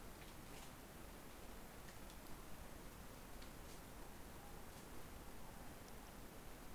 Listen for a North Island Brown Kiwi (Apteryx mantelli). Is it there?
no